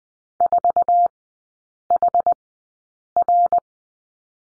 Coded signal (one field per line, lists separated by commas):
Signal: Morse code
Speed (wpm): 20 wpm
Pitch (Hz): 700 Hz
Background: none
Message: 4HR